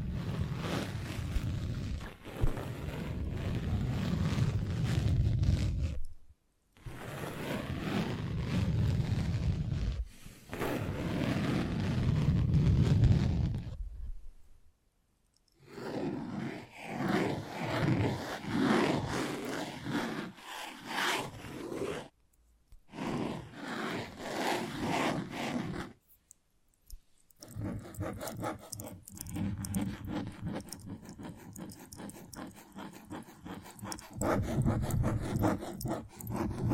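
Invisible tapping, scratching and tracing in bursts, with dense low rubbing scrapes early, short silent breaks, then lighter, brighter tapping toward the end.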